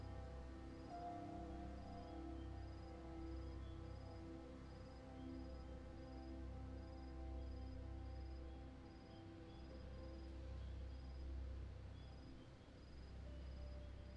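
A spooky fairground on a midsummer's evening: steady low rumbling under sustained droning tones, with a faint high chime pulsing regularly throughout.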